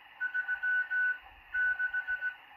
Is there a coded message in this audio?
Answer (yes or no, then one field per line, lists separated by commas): yes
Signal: Morse code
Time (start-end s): 0.2-2.3 s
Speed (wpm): 16 wpm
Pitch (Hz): 1490 Hz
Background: none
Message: 3 6